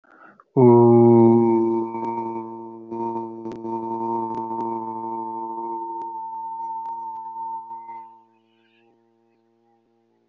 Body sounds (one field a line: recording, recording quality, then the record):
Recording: sustained vowel as in boot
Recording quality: excellent, no background noise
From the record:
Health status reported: healthy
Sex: male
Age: 27 years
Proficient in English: yes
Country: India